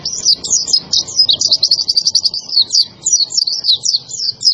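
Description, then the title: White-eye in a steady stream of high, rapid chirping and trilled notes, sung without a break over faint background noise. Pleci (white-eye) singing in gacor style, used for training cage birds. "Pleci Gacor. Masteran Burung PLECI"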